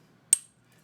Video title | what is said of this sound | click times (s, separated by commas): Keep Only 10 Cheap Fragrances 4 Life (2025 Edition) | fantastic cap that clicks into place. | 0.3 s